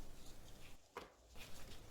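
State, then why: Seated. A plastic cover is pushed back onto the diagnostic plug of a Euro 4 Mutt motorcycle and clicks into place. A short, sharp click is heard at 1.0 s over steady broadband background noise. The cover is seated.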